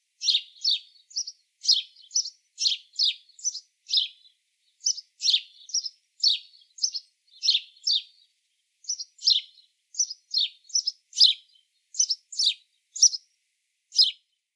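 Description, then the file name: House sparrow chirping steadily, rapid strings of short harsh chirps with a brief pause midway, nothing else audible. "Passer domesticus"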